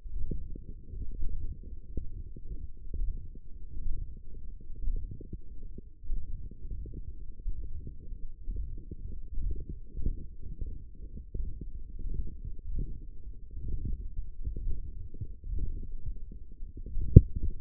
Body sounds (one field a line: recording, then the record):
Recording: forearm muscle sounds (acoustic myography)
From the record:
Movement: hook grip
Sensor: system 1, eight BSWA MPA416 microphones around the upper forearm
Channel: 3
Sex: male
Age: 23 years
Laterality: right